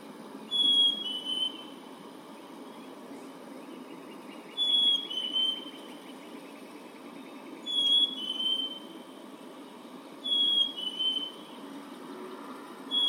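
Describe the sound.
Bird song, pure high whistled phrases falling slightly in pitch, repeated several times over low rumbling background noise.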